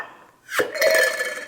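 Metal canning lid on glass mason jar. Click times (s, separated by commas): 0.8 s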